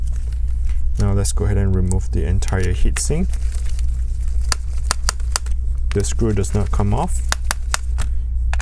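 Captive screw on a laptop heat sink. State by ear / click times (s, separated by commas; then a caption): released / 7.5 s, 7.7 s, 8.5 s. A captive screw holding the heat sink in an Asus GL703V laptop is unscrewed until its thread disengages, while someone talks over a steady low hum. Sharp ticks sound at 4.5, 4.9, 5.1 and 5.4 seconds, and the repeated little clicks of the released thread come at 7.5, 7.7 and 8.5 seconds. The clicks signal to stop turning: the screw is released but stays captive in the heat sink.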